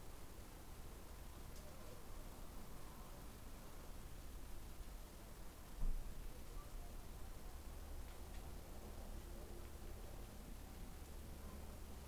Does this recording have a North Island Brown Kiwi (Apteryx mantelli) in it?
no